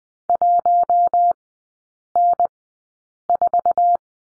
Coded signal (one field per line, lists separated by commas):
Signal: Morse code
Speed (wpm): 20 wpm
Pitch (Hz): 700 Hz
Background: none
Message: 1N4